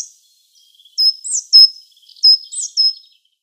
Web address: Schulze Peter Coal Tit calls